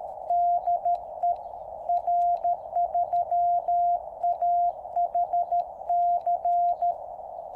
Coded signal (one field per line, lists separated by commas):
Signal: Morse code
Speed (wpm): 13 wpm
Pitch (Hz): 700 Hz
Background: radio noise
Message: DE R3AHC